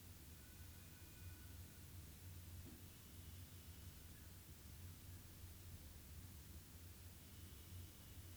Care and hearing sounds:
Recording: daily activity, guitar pickup as the sensor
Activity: sit

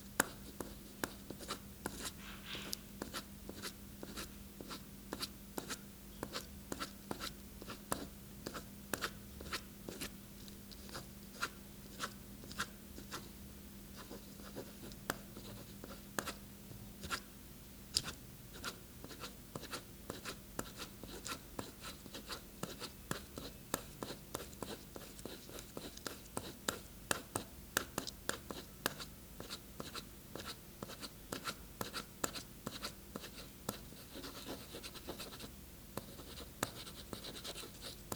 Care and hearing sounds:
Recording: daily activity, guitar pickup as the sensor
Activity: write

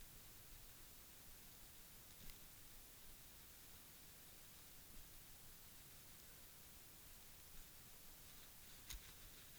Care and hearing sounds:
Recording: daily activity, guitar pickup as the sensor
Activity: brush teeth

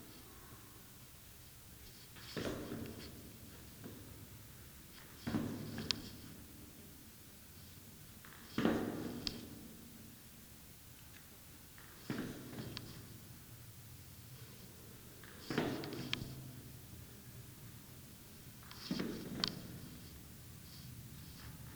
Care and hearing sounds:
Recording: daily activity, guitar pickup as the sensor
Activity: go downstairs

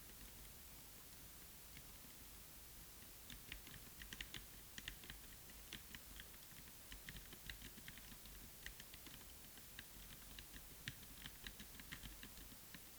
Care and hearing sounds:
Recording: daily activity, guitar pickup as the sensor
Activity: type

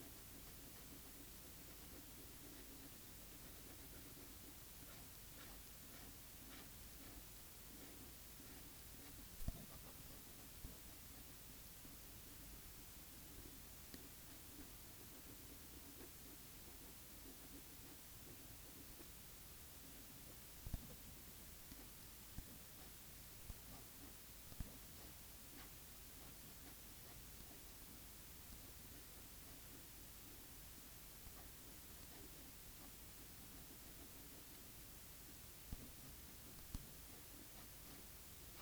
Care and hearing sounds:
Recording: daily activity, guitar pickup as the sensor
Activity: write

